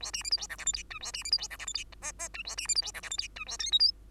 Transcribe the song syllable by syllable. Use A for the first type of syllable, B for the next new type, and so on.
A B C D E F G H I J A B C D E F G H I K K J A B C D E F G H I J A L M N